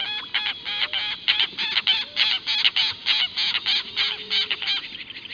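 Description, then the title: Wattled jacana giving a rapid run of many harsh, grating notes. Nominate subspecies Jacana jacana jacana. "LuckyPassaro Completos2Sama. Wattled Jacana"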